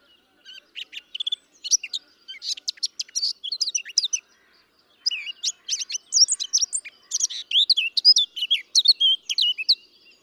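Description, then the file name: Eurasian blackcap song: a fast, varied warble of scratchy notes and clear whistles, in two bursts with a short pause near five seconds. "Sylvia atricapilla"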